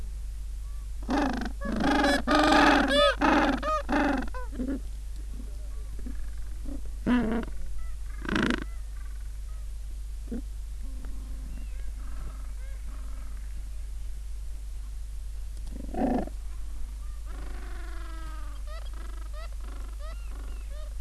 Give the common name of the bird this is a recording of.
Gentoo Penguin